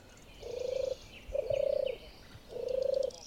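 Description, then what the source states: European turtle dove song: three low, purring trilled phrases, each about half a second long. Red-listed in the UK, fastest declining UK bird, approaching extinction; still heard in low-lying, well-wooded country, mainly the south and parts of Wales.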